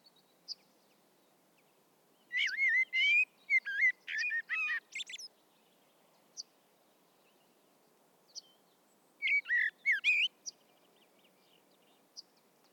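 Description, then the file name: Common blackbird sings two rich warbled phrases ending in thin high squeaks, separated by a long pause with brief high notes, against a low constant hiss. "Turdus merula"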